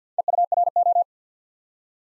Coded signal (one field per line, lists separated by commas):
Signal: Morse code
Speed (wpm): 50 wpm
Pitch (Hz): 700 Hz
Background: none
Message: EURO